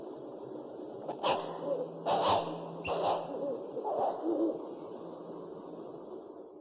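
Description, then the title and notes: Owl giving hoarse, hissing screeches: four rough bursts about a second apart. One of 69 call variants from 11 owl species. "Sovy - Eulen - Owls. 69 variant hlasů - 11 druhů sov"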